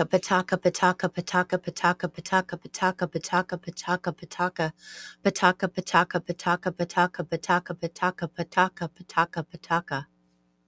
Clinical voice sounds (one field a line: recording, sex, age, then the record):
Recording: repeated syllables /pa ta ka/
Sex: female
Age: 50 to 59 years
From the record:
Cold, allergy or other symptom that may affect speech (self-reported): no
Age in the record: 54 years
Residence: Arizona, United States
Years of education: 12